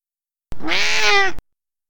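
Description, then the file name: Cat giving one clear meow, under a second long, slightly rising then falling in pitch, with no other sounds. "Cat Meowing"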